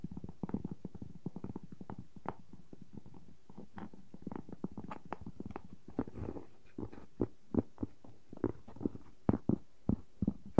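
Wooden objects tap in quick, uneven clusters for the first half, then give way to sparser, sharper knocks over a soft low rumble.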